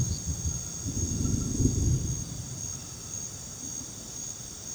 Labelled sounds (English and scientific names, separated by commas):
none